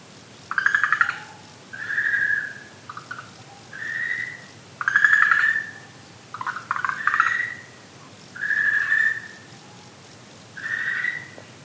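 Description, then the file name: Okinawa green tree frog calls: rattling pulsed bursts mixed with smooth mid-pitched croaks, repeated every second or so. "okinawaaogaeru"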